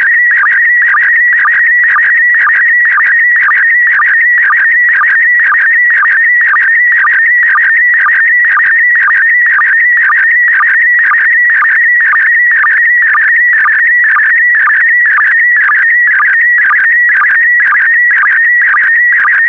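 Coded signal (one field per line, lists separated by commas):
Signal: SSTV (slow-scan television)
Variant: PD120 mode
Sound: continuous warbling, chirping tone with a steady rhythmic tick about twice a second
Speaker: complete you can now check your decoded image against the picture that is shown on the video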